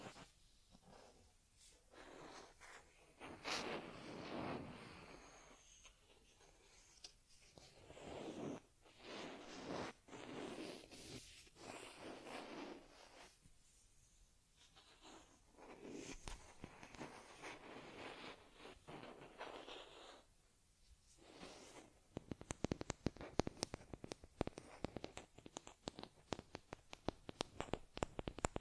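Close, soft handling sounds from a teddy bear care session: brushing, rubbing and scratchy swipes come in uneven bursts with quiet gaps between. Near the end, from about 22 seconds, a rapid run of sharp, regular crackling strokes sounds like fur combing.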